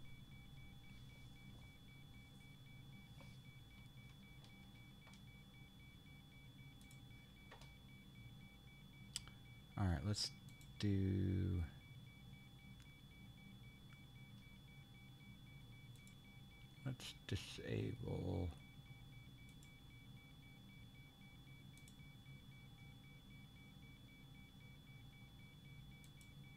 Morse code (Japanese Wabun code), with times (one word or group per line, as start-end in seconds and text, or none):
none